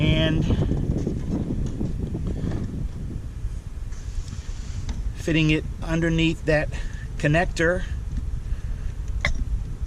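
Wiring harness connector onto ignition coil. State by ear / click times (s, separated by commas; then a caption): seated / 9.2 s. On a Hyundai 1.6L Turbo during spark plug replacement, a plastic wiring harness connector is pushed down onto the ignition coil while someone talks over a steady broadband background noise. A sharp, short click at 9.3 s marks the connector latching onto the coil, confirming it is seated.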